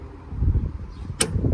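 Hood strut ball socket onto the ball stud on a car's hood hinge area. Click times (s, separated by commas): 1.2 s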